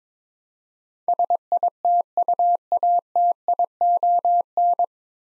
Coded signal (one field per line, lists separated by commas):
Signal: Morse code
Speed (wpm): 22 wpm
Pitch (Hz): 700 Hz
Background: none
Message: SITUATION